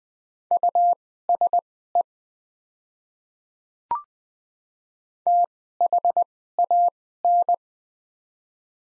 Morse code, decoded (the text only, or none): USE THAN